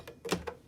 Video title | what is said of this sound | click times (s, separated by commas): How to mount a modular wall adapter plate to a 554 rotary phone | this positioned and you'll want to hear it click which does and now we're done so | 0.3 s